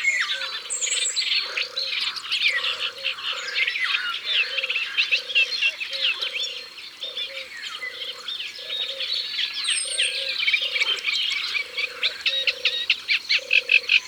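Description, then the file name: European turtle dove, soft rolling purrs repeated over and over at a steady pace, with a constant chorus of birds above. Recorded by the water. "Tourterelle des bois Au bord de leau"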